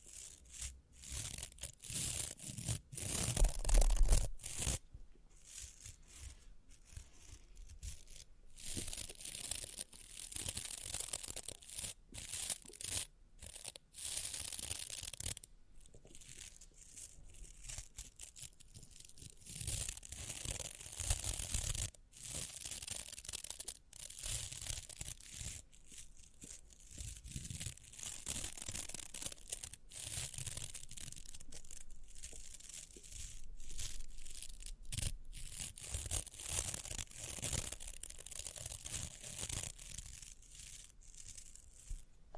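Rhinestones are scratched and brushed in a steady, dense stream of crisp, crackling sound that stays bright and hissy throughout. Frequent short ticks and taps punctuate it at irregular intervals, with a louder burst around four seconds.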